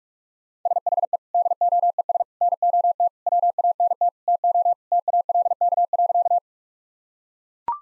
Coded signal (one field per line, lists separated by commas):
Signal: Morse code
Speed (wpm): 43 wpm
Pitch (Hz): 700 Hz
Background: none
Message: SHE DOES NOT WANT TO TALK.